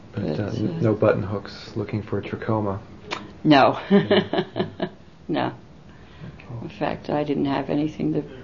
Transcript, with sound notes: No buttonhooks looking for trichoma. ( she laughs )
In fact, I didn't have anything.